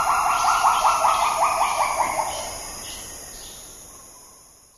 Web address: agile gibbon